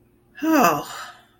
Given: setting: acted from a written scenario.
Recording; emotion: vocal sound without words; relief